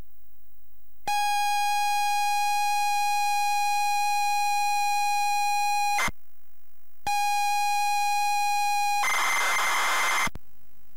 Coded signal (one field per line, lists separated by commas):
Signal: ZX Spectrum tape loading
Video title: ZX Spectrum Terra Cresta